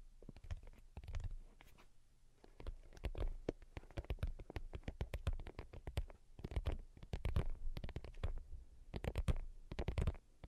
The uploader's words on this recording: Most Delicate and Calming Tapping. (No Talking).